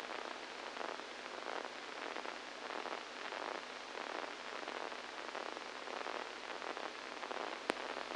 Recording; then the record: brain microelectrode recording played as sound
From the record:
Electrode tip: inside the subthalamic nucleus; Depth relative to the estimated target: -4 mm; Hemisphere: right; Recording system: NeuroSet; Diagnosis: Parkinson's disease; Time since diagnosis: 7 years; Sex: male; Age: 69 years